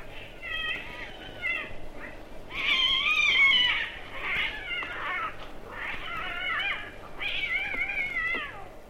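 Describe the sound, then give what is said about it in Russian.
Cats caterwauling on house rooftops at night in March, in a drawn-out, wavering chorus of high yowls that rise and fall, overlapping into snarling outbursts as the cats fight, continuous and fairly loud with no talking. “Концерты кончаются отчаянной потасовкой между певцами.”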